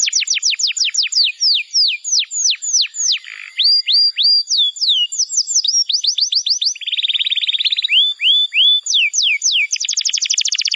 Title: Ciblek Sawah